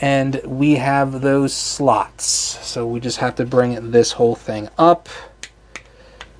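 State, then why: Seated. Someone talks while transforming a plastic Transformers Cyberverse Dinobot Slug action figure into dinosaur mode, raising a section so its two plastic tabs go into their slots. Sharp clicks follow at 5.4, 5.8 and 6.2 seconds as the tabs snap into place.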